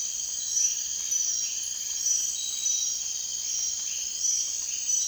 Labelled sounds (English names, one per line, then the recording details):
none
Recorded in dense forest near Puerto Asís, Putumayo, Colombia, on 19 June 2025 at 03:30
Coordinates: 0.466, -76.327
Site GP04